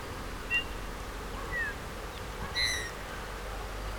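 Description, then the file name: Eurasian bullfinch with three soft piping notes, the last one fuller and slightly longer, set against steady background hiss. "Pyrrhula pyrrhula"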